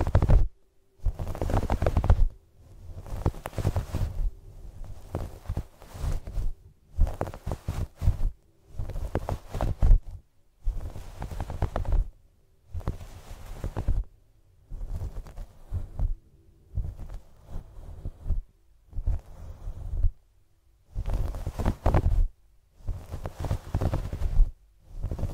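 Soft brushing and rubbing on a fluffy microphone, like a scalp massage, comes in repeated bursts of about one to two seconds. Short quiet gaps separate each pass. The strokes are dense and low, with a muffled rumble and a fainter hiss above.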